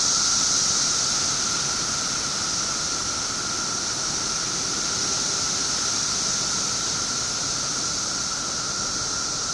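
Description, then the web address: Periodical cicadas hold a continuous droning chorus, a shimmering hiss above a steady whine, slightly louder at the start. 17-year periodical cicadas recorded 18 June 2007 at 1:00 pm. "cicadas 6 18 07 1 ' 00 pm. 17 yrcicada"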